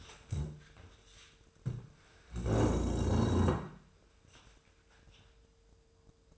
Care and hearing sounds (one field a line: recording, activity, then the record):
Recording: daily activity, microphone in the room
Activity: stand up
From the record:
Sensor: 2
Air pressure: 1005.2 hPa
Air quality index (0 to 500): 100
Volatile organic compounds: 2 ppm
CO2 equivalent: 1214 ppm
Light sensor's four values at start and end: 7/17/7/7 and 7/17/7/7